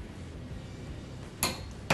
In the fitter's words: like that that's the click